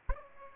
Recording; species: mosquito wingbeat signal from an infrared sensor; Aedes aegypti